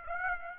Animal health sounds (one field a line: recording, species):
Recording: mosquito wingbeat signal from an infrared sensor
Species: Aedes aegypti